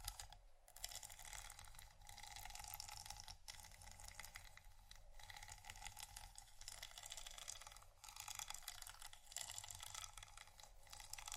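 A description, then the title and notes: Scratching and tapping go on continuously, a dense, busy rasp spread through the upper range with many small ticks running together. Brief pauses near 0.5, 3.4 and 8 seconds break the flow, and a low steady hum sits underneath throughout. ASMR Scratching & Tapping For Sleep（No Talking）.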